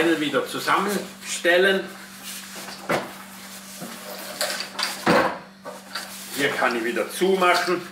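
Someone talks while folding a 200-watt solar panel bag with an MPPT controller back together and handling its closure clip to shut it. Brief handling knocks are heard around 4.4 s and 6.0 s. The clip has not snapped shut or seated yet.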